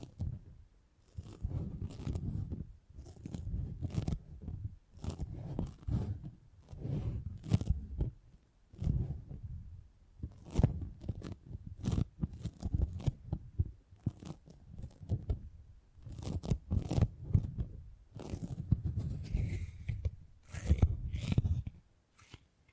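Beeswax being handled and squeezed in a steady run of crackly, crunching bursts, each lasting about a second with brief pauses between. The sounds are mostly low and thick, with sharp snapping clicks on top, and a faint higher squeak near twenty seconds.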